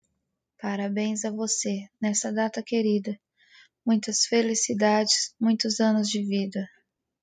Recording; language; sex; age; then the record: short text; Brazilian Portuguese; female; 20 to 29 years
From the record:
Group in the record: control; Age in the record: 29 years